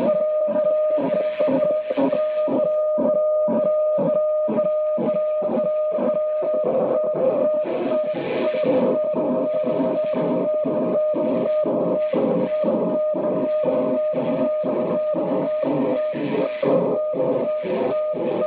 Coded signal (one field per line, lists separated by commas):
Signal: weather fax (radiofax)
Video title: Maritime Weather Fax Transmission from USCG NMF Boston, MA, USA @ 4235 kHz USB